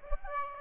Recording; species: mosquito wingbeat signal from an infrared sensor; Aedes aegypti